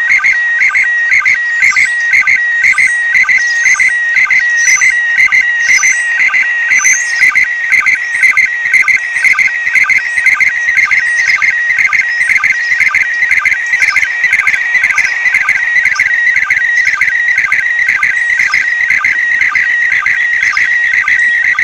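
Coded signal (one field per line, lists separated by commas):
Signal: SSTV (slow-scan television)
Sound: continuous warbling high tone with rapid regular chirping blips, like a scanning image transmission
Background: radio static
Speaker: I'm gonna show you how I do a slow scan TV from the ISS so I did a couple passes over the weekend use it my HT ham radio and my arrow antenna and I just saved the recording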